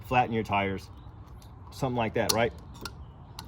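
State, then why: Torque reached. A locking fuel cap is screwed onto the fuel filler neck of a 2022 Toyota Tacoma TRD Off-Road until its ratchet clutch clicks. Someone talks for most of the clip, then two sharp ratchet clicks sound at 2.9 s and 3.4 s. The cap is tightened to two clicks, one more than the single click the instructions call for.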